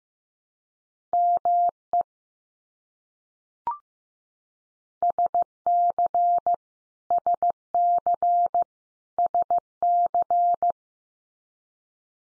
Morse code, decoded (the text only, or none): ME SC SC SC